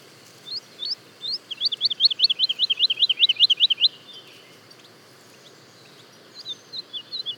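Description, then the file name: Woodlark delivering a brisk string of repeated slurred notes after a few hesitant starts. A short pause follows, then faint scattered notes near the end. Daytime song and duet recorded at Le Puech, France. "alouette lulu chant de jour et duett Le Puech F"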